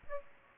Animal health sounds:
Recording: mosquito wingbeat signal from an infrared sensor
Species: Aedes aegypti

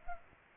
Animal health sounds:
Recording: mosquito wingbeat signal from an infrared sensor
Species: Culex pipiens

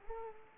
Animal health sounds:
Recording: mosquito wingbeat signal from an infrared sensor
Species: Culex pipiens

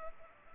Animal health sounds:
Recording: mosquito wingbeat signal from an infrared sensor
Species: Culex pipiens

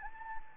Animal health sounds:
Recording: mosquito wingbeat signal from an infrared sensor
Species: Anopheles gambiae

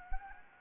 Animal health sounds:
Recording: mosquito wingbeat signal from an infrared sensor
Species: Anopheles gambiae

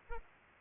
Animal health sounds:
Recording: mosquito wingbeat signal from an infrared sensor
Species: Culex pipiens

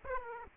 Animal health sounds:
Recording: mosquito wingbeat signal from an infrared sensor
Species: Aedes aegypti

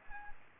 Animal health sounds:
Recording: mosquito wingbeat signal from an infrared sensor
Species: Aedes aegypti

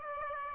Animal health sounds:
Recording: mosquito wingbeat signal from an infrared sensor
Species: Aedes aegypti

